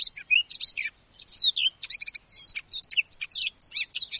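Eurasian blackcap song: a brisk, jumbled warble of high twittering notes and short swooping whistles, with one brief pause near the start.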